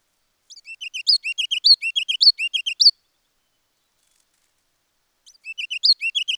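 Ruby-crowned kinglet: a rapid series of very high, sharp chips and squeaky notes lasting over two seconds, then a pause and another burst.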